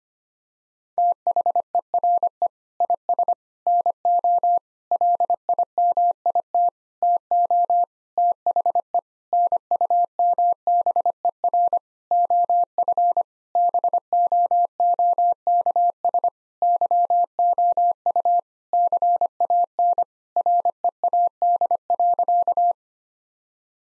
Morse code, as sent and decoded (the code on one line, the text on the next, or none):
- .... . .-. . / .. ... / -. --- / .-.. .. -- .. - / - --- / - .... . / -. ..- -- -... . .-. / --- ..-. / -... --- --- -.- ... / -.-- --- ..- / -.-. .- -. / .-. . .- -.. .-.-.-
THERE IS NO LIMIT TO THE NUMBER OF BOOKS YOU CAN READ.